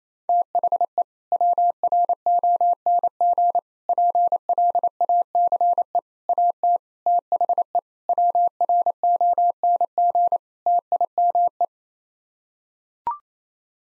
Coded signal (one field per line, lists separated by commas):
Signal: Morse code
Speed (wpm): 28 wpm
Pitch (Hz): 700 Hz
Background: none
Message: THE WRONG PLACE AT THE WRONG TIME